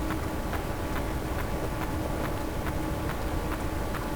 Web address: Physeter Macrocephalus cachalot positif